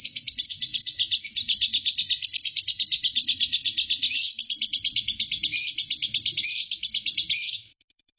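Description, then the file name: Lovebird ngekek song: a rapid, high chattering trill with a few stronger accents, which stops abruptly just before the end. Lovebird named Marco singing ngekek; recording lasts 5 minutes 25 seconds. "suara burung lovebird Marco ngekek"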